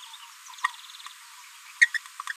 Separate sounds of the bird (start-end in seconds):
0.63-0.72, 1.81-1.89, 1.94-1.98, 2.26-2.33